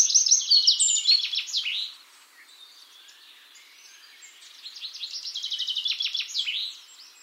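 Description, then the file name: Eurasian wren song: a loud burst of high trills at the start, a lull, then another softer phrase of rapid twittering trills. "Troglodytes troglodytes"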